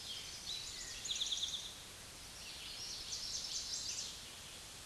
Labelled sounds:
Eastern Towhee song

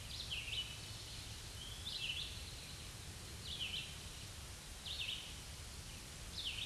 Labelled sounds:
Red-eyed Vireo song

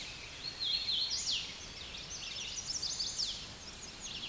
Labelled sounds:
Hooded Warbler song

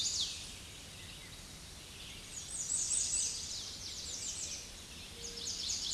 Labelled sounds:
American Redstart song

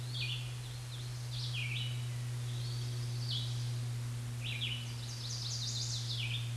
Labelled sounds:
Red-eyed Vireo song

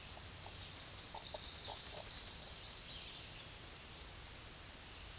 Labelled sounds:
Tennessee Warbler song

